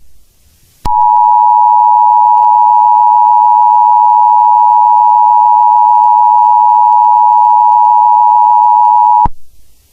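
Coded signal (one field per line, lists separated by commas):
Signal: Emergency Alert System (SAME) tones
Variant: 853 and 960 Hz attention tone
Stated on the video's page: Fictional EAS scenario.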